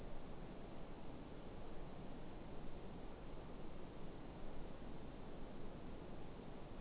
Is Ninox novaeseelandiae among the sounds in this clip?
no